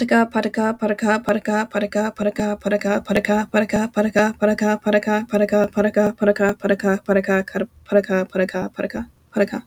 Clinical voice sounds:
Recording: repeated syllables /pa ta ka/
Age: 20 to 29 years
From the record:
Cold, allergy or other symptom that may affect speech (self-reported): no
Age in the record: 22 years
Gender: other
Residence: New York, United States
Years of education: 16

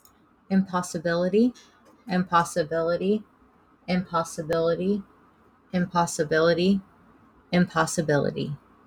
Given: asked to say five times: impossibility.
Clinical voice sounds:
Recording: repeated word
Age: 20 to 29 years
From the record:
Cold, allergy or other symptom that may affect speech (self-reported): no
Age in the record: 22 years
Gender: other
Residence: United States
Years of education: 16

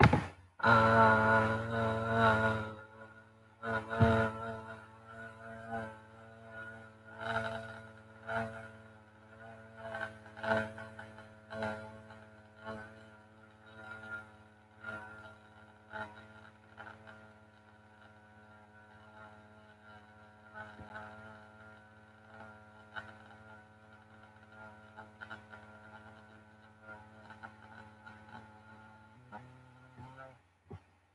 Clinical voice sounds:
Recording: vowel held as long as possible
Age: 18 to 19 years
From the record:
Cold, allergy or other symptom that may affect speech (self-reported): no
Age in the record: 19 years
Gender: other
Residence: Ohio, United States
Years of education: 13

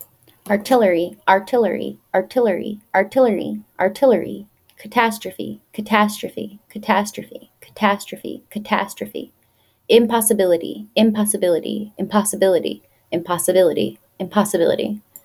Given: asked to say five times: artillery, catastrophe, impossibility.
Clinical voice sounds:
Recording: three words, each repeated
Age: 20 to 29 years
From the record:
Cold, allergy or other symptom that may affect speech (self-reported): no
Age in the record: 28 years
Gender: other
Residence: North Carolina, United States

